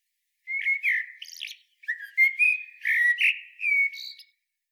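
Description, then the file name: Eurasian blackbird singing rich, fluty warbled phrases with higher, scratchier notes mixed in. "Turdus merula"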